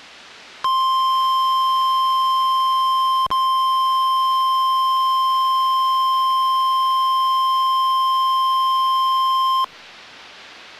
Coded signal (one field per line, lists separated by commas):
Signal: Emergency Alert System (SAME) tones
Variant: 1050 Hz attention tone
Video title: NOAA Weather Radio - Weekly EAS Test - 4/19/17